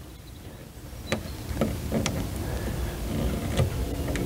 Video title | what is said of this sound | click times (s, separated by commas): BMW E31 8-Series - RUST, RUST and MORE RUST | Let's get to put these back in properly so they click into place. | 1.1 s, 1.6 s, 2.1 s, 4.2 s